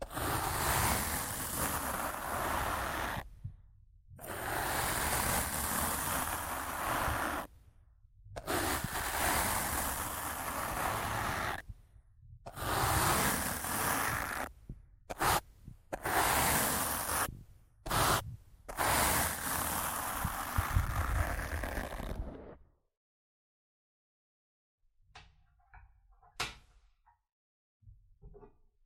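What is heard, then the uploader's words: Rough scratching and brushing on a microphone comes in dense, loud, scraping strokes with a deep rumbling thump beneath, broken by brief silent gaps every few seconds. After about 23 seconds the rubbing stops, leaving near silence with a few faint clicks and taps. ASMR Rough Mic Scratching & Brushing (No Talking).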